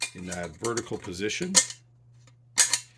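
A homemade wire bail on a metal bushcraft pot is handled; the pot has holes drilled at the rim edges with notches so the bail can ride over the lip and lock upright, away from the fire. Someone talks, then after a quiet stretch there is a faint tick near 2.3 seconds and a sharp metallic rattle around 2.6 to 2.7 seconds. Nothing has seated or clicked into place yet.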